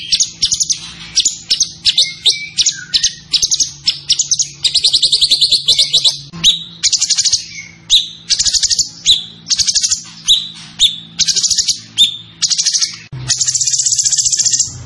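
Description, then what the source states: Zebra finch singing in short bursts of high, rapid trilled notes, separated by brief gaps, with a faint low hum beneath. Master recording for training cage birds; bird described as gacor, singing vigorously.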